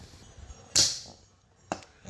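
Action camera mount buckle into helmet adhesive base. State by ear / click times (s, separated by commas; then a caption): seated / 1.7 s. An Insta360 X3 action camera mount's quick-release buckle is pushed into the adhesive base plate held by 3 mm tape on a helmet. A loud hissing burst comes at 0.8 s, and the buckle locks with a sharp click at 1.7 s, followed by faint ticks. The buckle is confirmed locked into the base.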